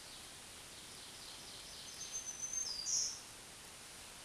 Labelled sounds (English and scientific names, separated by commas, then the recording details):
Black-throated Green Warbler (Setophaga virens) song
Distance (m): 10 m
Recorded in a Pennsylvania forest on 1 June 2023 at 08:50
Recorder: AudioMoth, point grid3_31_high
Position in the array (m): 131 m, 106 m